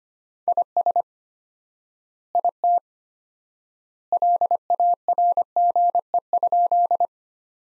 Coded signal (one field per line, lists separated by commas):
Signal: Morse code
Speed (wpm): 25 wpm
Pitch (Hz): 700 Hz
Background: none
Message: IS IT LARGE?